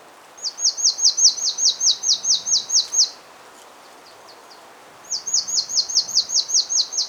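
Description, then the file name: Marsh tit song, a rapid run of many high, clipped repeated notes, a pause of about two seconds, then a second fast run. "Poecile palustris"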